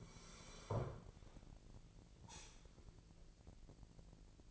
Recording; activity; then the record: daily activity, microphone in the room; sit down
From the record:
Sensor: 5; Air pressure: 1002.0 hPa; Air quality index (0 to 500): 247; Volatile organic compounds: 30 ppm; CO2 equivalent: 2962 ppm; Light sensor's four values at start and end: 44/104/43/47 and 44/104/43/47